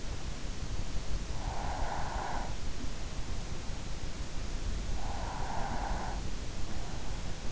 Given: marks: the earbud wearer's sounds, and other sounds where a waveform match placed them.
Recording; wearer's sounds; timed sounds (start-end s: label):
sounds in sleep by an in-ear microphone; breath
1.34-2.83 s: breath
4.94-6.83 s: breath